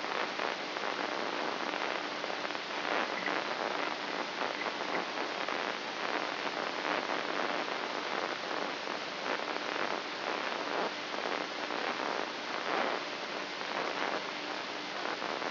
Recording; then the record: brain microelectrode recording played as sound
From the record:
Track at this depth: outside the subthalamic nucleus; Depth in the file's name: 1.738 mm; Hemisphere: left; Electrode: 3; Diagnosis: Parkinson's disease